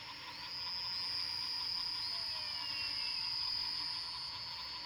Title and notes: Fortín Arce, Luque 110917, Paraguay - sonidos de ranas después de la lluvia. grabación nocturna de las ranas